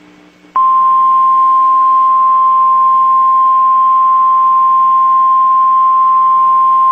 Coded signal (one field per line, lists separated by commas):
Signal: Emergency Alert System (SAME) tones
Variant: 1050 Hz attention tone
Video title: NOAA EAS MOCK TORNADO WATCH 4/15/21 (WISCONSIN STATEWIDE TORNADO DRILL 2021)